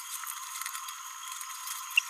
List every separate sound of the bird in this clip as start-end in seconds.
1.97-2.02